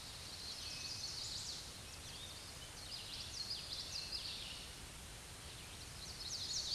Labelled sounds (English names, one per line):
Common Yellowthroat song